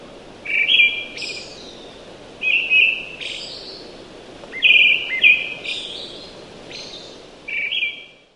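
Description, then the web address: Brown-headed thrush singing four brief phrases, each a couple of flat whistles then a high, thin tail note, with constant hissing noise behind. Recorded in Taiwan. "akahara 赤腹鶇"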